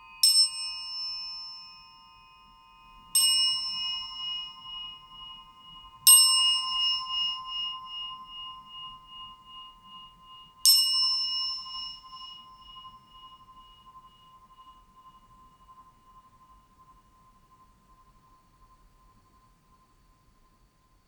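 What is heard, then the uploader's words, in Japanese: An orin singing bowl in a temple hall is struck four times, each bright ring lingering and slowly fading, a steady low hum sustained throughout. 静岡県伊豆の国市 正蓮寺 本堂での「おりん」の音 by渡邉元浄さん（正蓮寺住職）。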